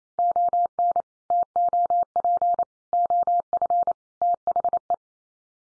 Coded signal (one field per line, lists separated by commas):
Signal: Morse code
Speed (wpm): 28 wpm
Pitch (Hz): 700 Hz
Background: none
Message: ON TOP OF THE